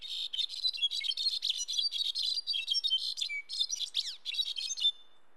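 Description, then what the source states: Brown-backed Solitaire song, a long, dense cascade of ringing high notes with brief pauses, a short whistled note and quick downslurred notes near the end. Song differs in structure and duration between birds because they learn to sing differently depending on where they grow up, like regional dialects; sung year-round in high-altitude forests from Mexico to Central America.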